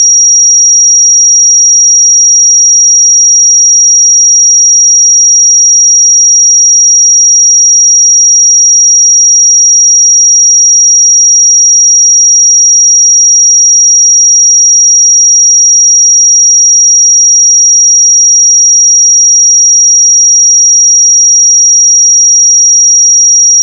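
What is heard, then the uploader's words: A single pure sine tone at 5691 Hz sounds for the full length, high and piercing like an alarm beep. It holds at one pitch and one level throughout, with no other sounds behind it and a brief click at the very end. 5691 Hz 1 Hz Interval Sine Pure Tone Frequency 441000 Sample Mono.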